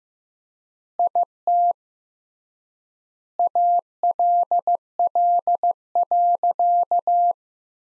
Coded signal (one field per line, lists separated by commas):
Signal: Morse code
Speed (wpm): 15 wpm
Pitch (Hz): 700 Hz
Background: none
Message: IT ALL.